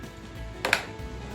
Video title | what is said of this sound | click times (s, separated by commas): DIY BEEF JERKY epp//038 | press it till it clicks | 0.7 s